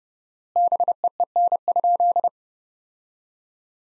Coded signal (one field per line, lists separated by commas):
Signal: Morse code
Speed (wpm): 32 wpm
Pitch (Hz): 700 Hz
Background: none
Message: BEEN?